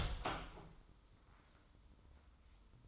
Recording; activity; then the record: daily activity, microphone in the room; open door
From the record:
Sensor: 3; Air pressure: 996.1 hPa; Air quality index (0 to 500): 62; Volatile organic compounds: 3 ppm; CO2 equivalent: 1411 ppm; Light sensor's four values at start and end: 14/33/14/14 and 14/33/14/14